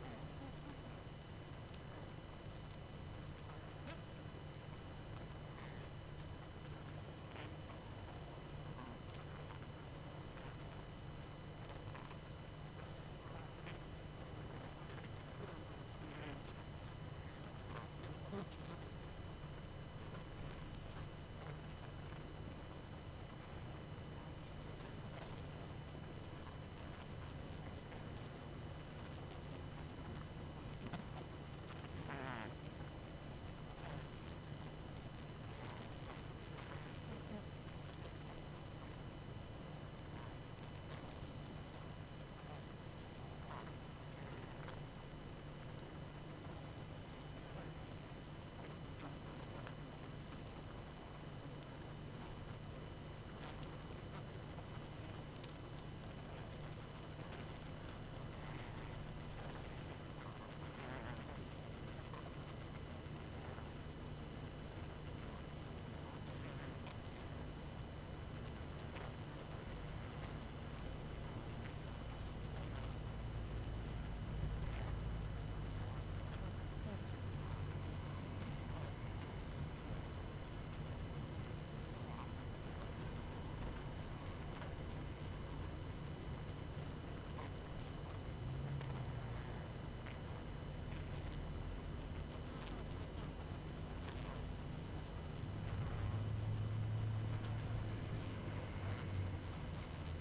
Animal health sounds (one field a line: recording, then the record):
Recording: honeybee colony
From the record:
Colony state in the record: active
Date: 12 June 2018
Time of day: 22:16